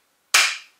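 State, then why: Seated. A tripod mount ring for a Sigma 100-400 DG DN Sony telephoto lens is pried open, lifted over the lens button compartment and clicked onto the lens barrel. A single sharp, bright click sounds at 0.4 s and rings down by about 0.7 s. The ring is seated and the mount is on.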